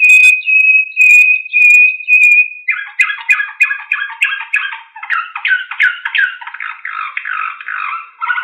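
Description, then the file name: Canary singing: several long steady whistles held in a row, then a long series of repeated slurred notes that bounce up and down in a rhythmic pattern. Canary singing in the slavujar style. "suara kenari slavujar omkicau"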